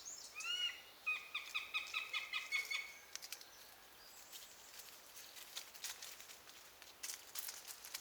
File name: Eurasian goshawk